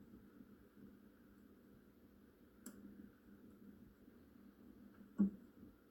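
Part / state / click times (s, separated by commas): connector plugging into a headlamp bulb / seated / 2.7 s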